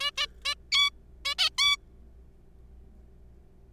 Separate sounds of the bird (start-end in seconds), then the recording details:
0.01-0.11, 0.18-0.26, 0.45-0.54, 0.72-0.90, 1.25-1.34, 1.38-1.49, 1.58-1.76. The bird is a juvenile. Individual R3428